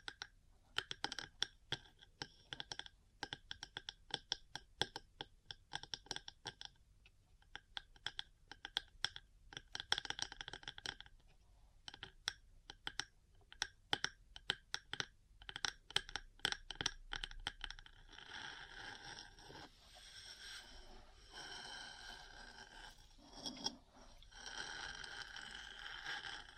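Metal parts tapping in quick, irregular clicks for most of the clip, giving way after about twenty seconds to denser, steadier scratching and scraping.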